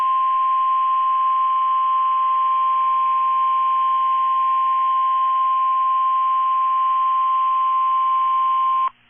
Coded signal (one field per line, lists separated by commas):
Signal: Emergency Alert System (SAME) tones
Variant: 1050 Hz attention tone